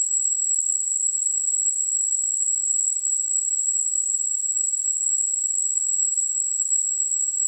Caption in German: Tinnitus.